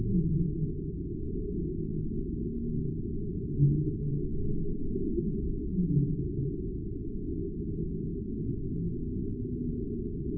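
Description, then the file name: Fin whale pulses: a few brief low thumps over a steady deep rumble. "Balaenoptera physalus pulses"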